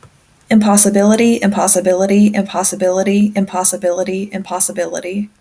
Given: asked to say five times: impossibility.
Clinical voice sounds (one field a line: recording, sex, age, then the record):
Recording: repeated word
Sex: female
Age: 20 to 29 years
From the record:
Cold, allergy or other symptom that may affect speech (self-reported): no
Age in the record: 25 years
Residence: Nebraska, United States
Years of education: 18